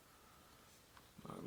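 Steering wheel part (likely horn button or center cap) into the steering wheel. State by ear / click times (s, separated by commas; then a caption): not seated / none. During a steering wheel install on an old CJ7 Jeep, a part, likely the horn button or center cap, is pressed into the steering wheel several times. A quiet background with a faint steady tone gives way to a brief sound near 1.0 s and then a cluster of louder pressing bumps from about 1.2 s, sharpest at 1.3 s. The part fails to latch in, and nothing has seated or clicked yet.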